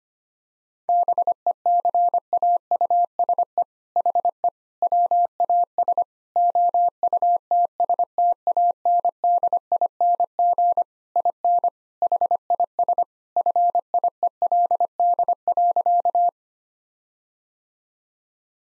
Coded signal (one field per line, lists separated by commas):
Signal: Morse code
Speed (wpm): 25 wpm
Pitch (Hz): 700 Hz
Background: none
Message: BECAUSE HE WAS OUTSTANDING IN HIS FIELD.